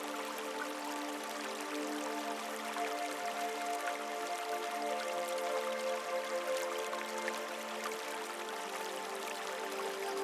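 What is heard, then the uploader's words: A river flows steadily beneath soft, sustained music, with long held tones drifting in the low and middle range. Dense water sounds, small trickles and drips, fill the upper range evenly throughout, with no sudden changes. A Rainforest River & Relaxing Music. The enchanting melody of a serene river meanders through this lush haven.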